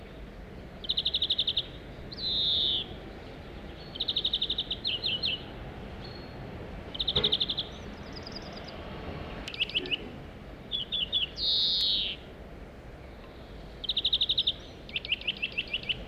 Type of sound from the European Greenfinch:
call